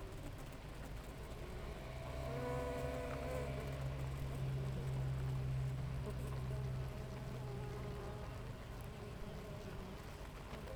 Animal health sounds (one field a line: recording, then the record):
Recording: honeybee colony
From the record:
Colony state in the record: active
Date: 28 July 2017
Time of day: 6:50